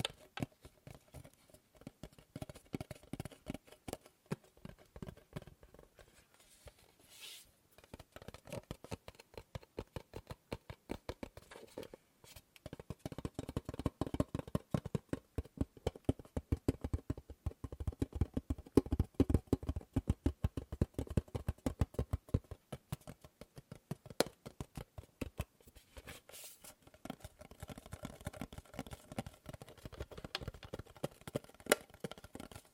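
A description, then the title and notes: Tapping on objects, in dense runs of quick, sharp clicks that speed up and ease off. The taps are sharp and thin, with a fuller, louder stretch from about 13 to 22 seconds, and brief pauses near 8, 12 and 26 seconds. ASMR Fast & Slow Tapping on 6 Objects No Talking.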